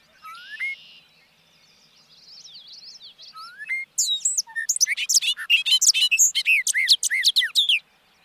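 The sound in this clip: Bobolink song: a rising whistle and soft buzzy phrases, then a long, rapid, bubbling cascade of metallic notes from about four seconds on.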